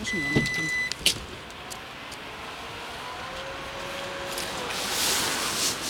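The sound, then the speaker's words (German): A car beeps with a short tone, then an electric motor hums steadily as the car's powered trunk lid opens after the trunk button is pressed, with a faint whir rising slowly in pitch and a soft mechanical clunk early on. “Wie hast du den jetzt aufgekriegt? Indem ich da auf diesen Kofferraumknopf sitze”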